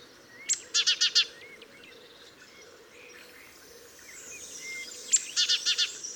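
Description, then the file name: Great tit calls: two bursts of four or five rapid, harsh stacked notes, one near the start and another near the end, with thin whistles from other birds between. "Parus major"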